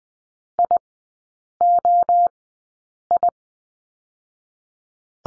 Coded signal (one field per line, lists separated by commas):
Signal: Morse code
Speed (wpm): 20 wpm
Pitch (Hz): 700 Hz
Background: none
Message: IOI